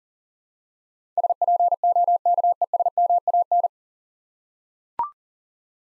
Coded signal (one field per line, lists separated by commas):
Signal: Morse code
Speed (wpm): 40 wpm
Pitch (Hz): 700 Hz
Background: none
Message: SPOKESMAN